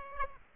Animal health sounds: mosquito wingbeat signal from an infrared sensor; Aedes aegypti

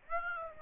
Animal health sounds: mosquito wingbeat signal from an infrared sensor; Aedes aegypti

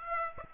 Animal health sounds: mosquito wingbeat signal from an infrared sensor; Aedes aegypti

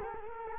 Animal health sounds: mosquito wingbeat signal from an infrared sensor; Culex quinquefasciatus

